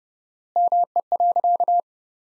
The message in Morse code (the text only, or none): ME.